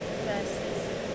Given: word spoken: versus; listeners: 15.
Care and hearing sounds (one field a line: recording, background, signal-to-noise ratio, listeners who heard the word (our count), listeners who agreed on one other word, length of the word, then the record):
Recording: one English word in noise, from a listening test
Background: speech-shaped noise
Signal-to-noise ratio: -6.1 dB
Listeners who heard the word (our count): 2 of 15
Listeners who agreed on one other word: 8 of 15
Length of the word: 0.75 s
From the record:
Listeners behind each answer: 8, 3, 2, 1, 1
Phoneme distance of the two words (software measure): 30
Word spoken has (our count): 2 syllables, 5 phonemes, stress on syllable 1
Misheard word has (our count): 2 syllables, 5 phonemes, stress on syllable 1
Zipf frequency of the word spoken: 4.20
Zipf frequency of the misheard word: 3.69